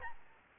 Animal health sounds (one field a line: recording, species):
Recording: mosquito wingbeat signal from an infrared sensor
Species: Aedes albopictus